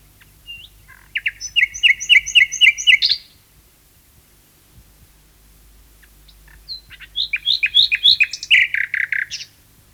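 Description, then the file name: Common nightingale singing two phrases of rapid repeated chirps, about four per second, each ending in a brief flourish, with a pause of several seconds between them. "Nachtegaal 2-Sound Cloud - Beeld en Geluid"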